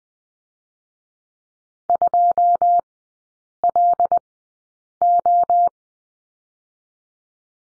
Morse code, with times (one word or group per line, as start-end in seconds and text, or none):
1.9-2.8 2
3.6-4.2 L
5.0-5.7 O